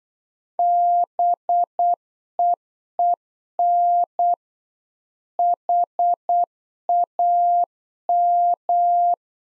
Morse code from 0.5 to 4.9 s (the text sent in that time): BEEN